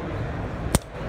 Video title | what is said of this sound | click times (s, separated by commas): Midwest Industries Combat Rifle Sight (CRS) Sets for AR's! | again, positive click, positive click. | 0.8 s